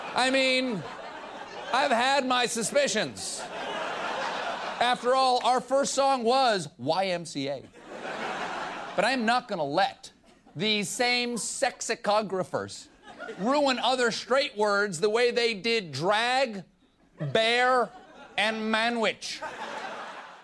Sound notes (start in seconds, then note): 3.4 laughter; 7.7 laughter